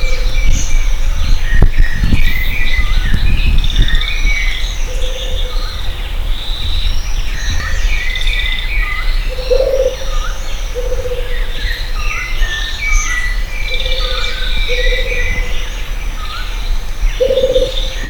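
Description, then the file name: Rufous-capped motmot giving short low hoots, repeated irregularly, beneath a busy chorus of higher whistling and chirping birds. Itatiaia National Park, Brazil; dated 25-10-03. "Baryphthengus-ruficapillus-Itatiaia NP-Brazil"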